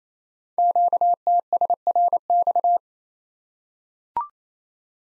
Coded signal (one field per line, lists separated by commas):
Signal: Morse code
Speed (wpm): 27 wpm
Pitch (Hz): 700 Hz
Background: none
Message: QTSRX